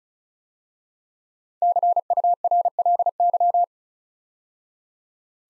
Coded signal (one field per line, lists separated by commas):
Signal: Morse code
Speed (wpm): 36 wpm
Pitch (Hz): 700 Hz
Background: none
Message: CURLY